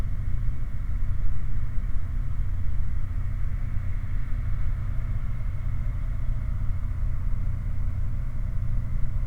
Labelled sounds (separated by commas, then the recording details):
machinery, flare stack
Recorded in the Prudhoe Bay oil fields, Alaska, on 16 August 2019 at 00:17
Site 29